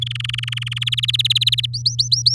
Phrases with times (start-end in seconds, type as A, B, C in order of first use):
0.01-0.79 A, 0.81-1.66 B, 1.73-2.35 C